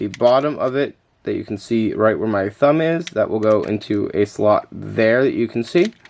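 A plastic Power Rangers Lightspeed Megazord toy arm is handled while someone talks throughout, showing the tab on the bottom of the arm that will go into a slot in the body. Nothing has seated or clicked yet; the clip ends before the tab goes home.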